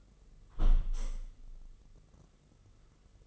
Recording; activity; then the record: daily activity, microphone in the room; close window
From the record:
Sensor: 4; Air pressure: 996.5 hPa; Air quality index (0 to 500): 73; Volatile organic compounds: 3 ppm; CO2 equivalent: 1351 ppm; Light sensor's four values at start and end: 19/53/20/22 and 20/53/20/22